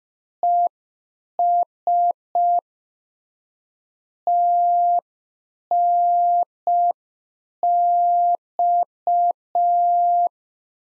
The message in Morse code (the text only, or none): ES TNX